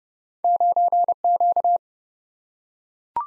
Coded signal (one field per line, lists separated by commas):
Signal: Morse code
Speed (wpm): 29 wpm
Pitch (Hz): 700 Hz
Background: none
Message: 9Q